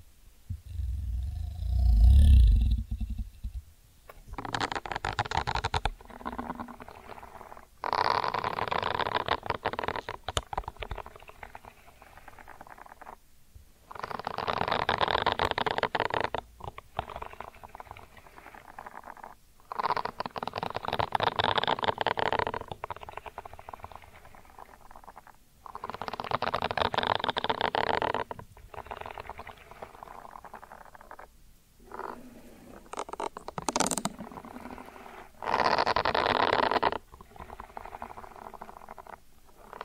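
Ear cleaning sounds come as repeated bursts of crackly rustling and scratching, each lasting a few seconds, separated by brief quiet gaps, with a low thump early on.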